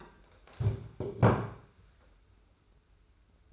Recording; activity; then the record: daily activity, microphone in the room; stand up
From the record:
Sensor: 2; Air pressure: 991.5 hPa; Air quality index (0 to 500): 184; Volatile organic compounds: 1000 ppm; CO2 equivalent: 5985 ppm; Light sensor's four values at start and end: 28/88/34/33 and 25/79/31/30